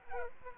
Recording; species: mosquito wingbeat signal from an infrared sensor; Aedes aegypti